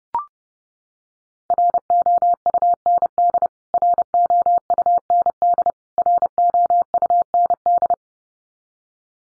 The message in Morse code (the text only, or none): ROUND ROUND ROUND